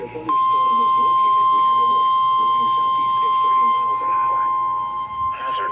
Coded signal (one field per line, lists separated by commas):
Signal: Emergency Alert System (SAME) tones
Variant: 1050 Hz attention tone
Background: speech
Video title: Severe Thunderstorm Warning with 4th of July message on KEC-60 (EAS #61)